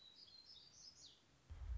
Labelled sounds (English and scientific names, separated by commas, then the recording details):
Black-throated Gray Warbler (Setophaga nigrescens)
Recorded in Sonoma County, California